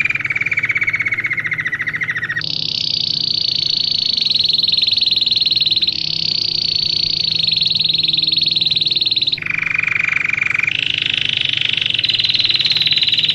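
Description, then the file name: Belgian canary delivering long rapid trills, a low roll opening into a sustained high tour, then dipping briefly lower before rising again. Plain-headed (non-crested) Belgian canary, described as Australian. "canto do canario belga cabeca lisa australiana"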